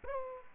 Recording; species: mosquito wingbeat signal from an infrared sensor; Aedes aegypti